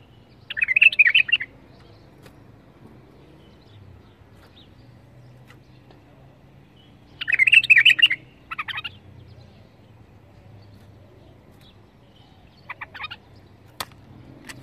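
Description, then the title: Bulbul song: two short, bright warbling phrases about six seconds apart, the second followed by a separate chirp, then a few fainter notes, over a faint low hum. Praised as the most beautiful bulbul song, sung without mistakes; the song style is called 'tor'. "اجمل تغريد بلبل بدون اخطاء بلبل طور"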